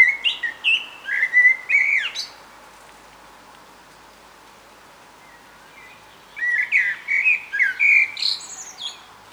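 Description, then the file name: Common blackbird song: leisurely fluted whistles that rise and fall, each phrase closing with high squeaks, two phrases separated by a pause of a few seconds. "Turdus merula"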